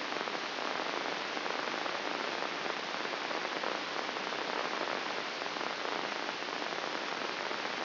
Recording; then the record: brain microelectrode recording played as sound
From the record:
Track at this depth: inside the subthalamic nucleus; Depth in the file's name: 4.663 mm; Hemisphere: left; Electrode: 3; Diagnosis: Parkinson's disease